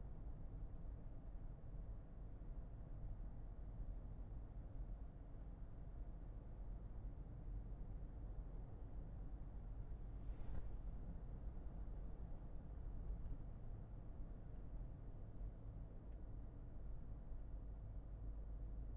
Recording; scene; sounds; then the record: everyday scene through a hearing-aid microphone; in a vehicle; engine, highway driving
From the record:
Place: Berlingo II, diesel engine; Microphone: behind the ear, left, rear